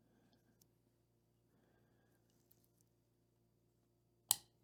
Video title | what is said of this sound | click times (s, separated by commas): Sako 75 Improving & Customizing Finland's Finest Rifle - Part 7 - Reassembly and Final Results! | Just like that. There it goes. You'll hear it snap in. And you can see how it's captured. | 4.3 s